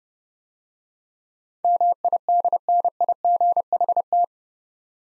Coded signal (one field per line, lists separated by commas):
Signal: Morse code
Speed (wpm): 30 wpm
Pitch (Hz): 700 Hz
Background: none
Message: MIDNIGHT